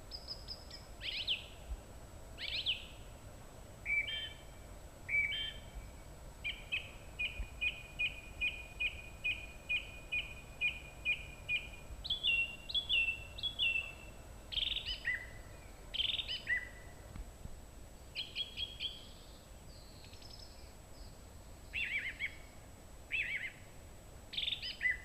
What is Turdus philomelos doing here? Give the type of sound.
song